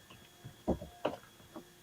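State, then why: Not seated. The pipe on the back of a Tucktec folding kayak seat is handled against the seat cage, giving a few short knocks and taps, the loudest around 0.7 s and 1.1 s and a softer one near 1.6 s. Nothing has seated or clicked yet; the pipe is not yet home on the cage.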